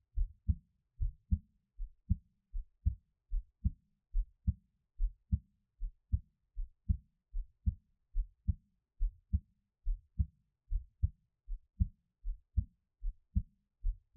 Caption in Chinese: 台灣ASMR | 獻上我的心跳 | Give my Heartbeat | NO Talking。